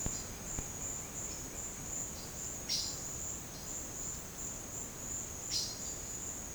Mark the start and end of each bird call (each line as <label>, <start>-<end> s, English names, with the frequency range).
Violaceous Jay (2.3-7.1 kHz), 2.64-3.01 s
Violaceous Jay (2.3-7.3 kHz), 5.43-5.98 s